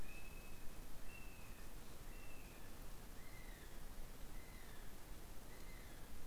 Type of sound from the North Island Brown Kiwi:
male call